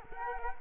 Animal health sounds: mosquito wingbeat signal from an infrared sensor; Culex quinquefasciatus

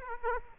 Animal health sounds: mosquito wingbeat signal from an infrared sensor; Aedes aegypti

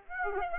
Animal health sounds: mosquito wingbeat signal from an infrared sensor; Aedes aegypti

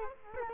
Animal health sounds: mosquito wingbeat signal from an infrared sensor; Culex quinquefasciatus

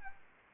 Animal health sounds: mosquito wingbeat signal from an infrared sensor; Anopheles arabiensis

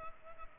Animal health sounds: mosquito wingbeat signal from an infrared sensor; Culex pipiens

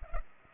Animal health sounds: mosquito wingbeat signal from an infrared sensor; Culex pipiens

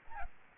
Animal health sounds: mosquito wingbeat signal from an infrared sensor; Aedes albopictus

